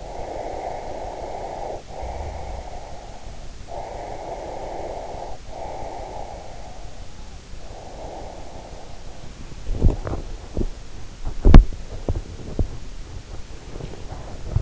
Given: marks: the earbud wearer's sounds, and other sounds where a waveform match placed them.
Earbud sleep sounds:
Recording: sounds in sleep by an in-ear microphone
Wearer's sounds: breath, body movement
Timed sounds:
0.00-3.24 s: breath
3.76-6.81 s: breath
7.59-9.41 s: breath
9.41-14.61 s: body movement

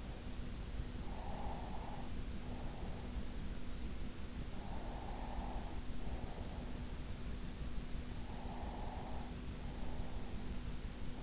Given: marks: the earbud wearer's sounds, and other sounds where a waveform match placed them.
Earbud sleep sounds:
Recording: sounds in sleep by an in-ear microphone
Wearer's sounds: breath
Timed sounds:
0.35-3.35 s: breath
4.35-10.35 s: breath

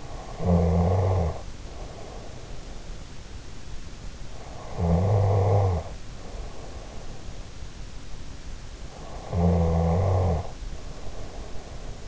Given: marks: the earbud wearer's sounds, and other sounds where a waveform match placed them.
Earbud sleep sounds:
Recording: sounds in sleep by an in-ear microphone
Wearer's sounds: snoring breath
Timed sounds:
0.00-2.78 s: snoring breath
4.26-7.14 s: snoring breath
9.02-12.08 s: snoring breath

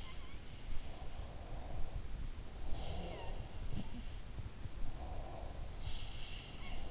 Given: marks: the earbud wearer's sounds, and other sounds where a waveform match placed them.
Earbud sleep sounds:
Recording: sounds in sleep by an in-ear microphone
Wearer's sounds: breath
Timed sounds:
0.00-4.28 s: sound from someone else or the room
0.93-3.56 s: breath
4.58-5.72 s: breath
5.64-6.91 s: sound from someone else or the room

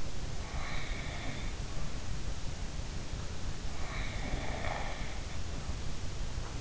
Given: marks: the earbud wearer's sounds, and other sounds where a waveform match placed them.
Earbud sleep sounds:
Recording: sounds in sleep by an in-ear microphone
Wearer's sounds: snoring breath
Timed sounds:
0.37-1.57 s: snoring breath
3.97-5.17 s: snoring breath

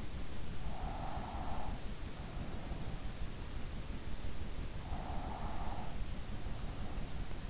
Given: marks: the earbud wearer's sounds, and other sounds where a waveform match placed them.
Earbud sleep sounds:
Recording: sounds in sleep by an in-ear microphone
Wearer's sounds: breath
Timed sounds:
0.55-3.33 s: breath
4.88-7.50 s: breath

